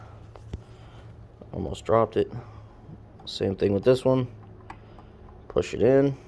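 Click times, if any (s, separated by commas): none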